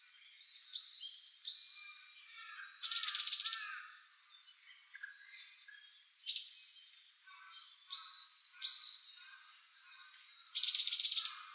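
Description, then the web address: Varied tit calls: high thin whistled notes mixed with harsh buzzy bursts, given in phrases of a few seconds separated by short pauses. Recorded 9 April 2014. "birdenaga yamagara"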